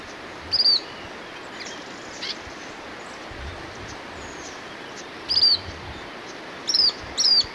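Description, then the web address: Lemon-browed Flycatcher calls: brief, high, descending notes given singly and in a quick pair, separated by long pauses, over constant hissing background noise. Recorded in Ecuador. "Birds of Ecuador. Lemon-browed Flycatcher"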